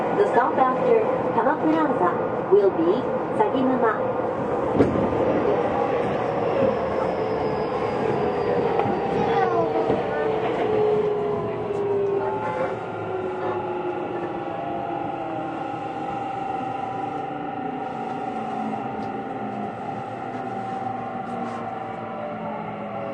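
A Tokyu 6000 series express train runs from the Den-en-toshi Line onto the Oimachi Line, its motor tone sliding slowly downward as it slows. Steady rumbling and wheel noise fill the recording, with a few sharp clanks in the first ten seconds before the sound settles.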